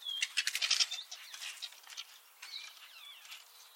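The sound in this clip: Eurasian starling song: a fast clattering rattle at the start, followed by softer chatter and a few thin sliding whistles.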